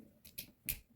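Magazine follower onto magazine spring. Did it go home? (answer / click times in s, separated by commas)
yes / 0.4 s, 0.7 s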